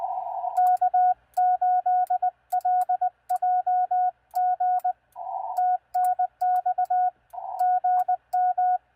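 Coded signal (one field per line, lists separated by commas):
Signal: Morse code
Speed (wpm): 19 wpm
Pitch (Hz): 730 Hz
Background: none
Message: K8LJG TNX GM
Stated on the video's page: QRP CW on 40 meters, sent with a paddle with some mistakes, during POTA and TOTA activations using a mag-mount hamstick, with heavy man-made interference.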